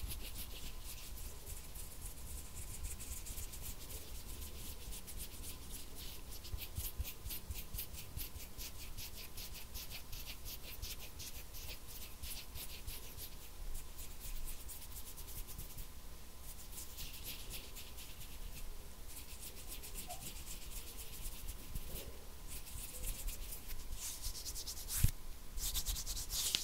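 Intense hand sounds: a continuous dry rubbing and scraping that runs the whole time without a break, dense with fast, uneven strokes that rasp brightly at the top. A faint steady tone hums underneath, and a sharper knock stands out near the 25-second mark.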